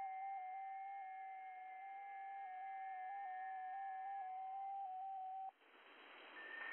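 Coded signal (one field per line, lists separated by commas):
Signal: FT8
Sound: several overlapping soft warbling tones stepping slowly in pitch, stopping abruptly, then hiss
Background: radio static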